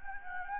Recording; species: mosquito wingbeat signal from an infrared sensor; Anopheles gambiae